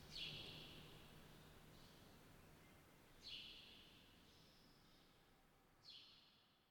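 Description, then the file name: Bird calls, three clear bright chirping bursts a few seconds apart, each fading quickly, with faint softer chirps between and a quiet low hum. Birds heard during the day in a village, recorded from inside a small church with bells. "Silencyo VILLAGE DAY Bells Inside Small Church Birds"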